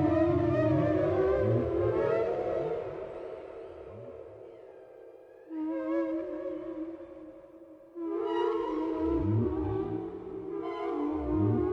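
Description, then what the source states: Whale song of arching low moans in short runs, alternating with sustained tonal drone that drops out twice before returning. Chorus of several whales.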